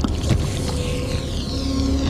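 A thick, wet squelching slide of dog food easing out of a can, a sound effect made at Industrial Light and Magic by Gary Rystrom, steady and loud for about two seconds, with other sounds layered on top: a low rumble and faint sustained tones.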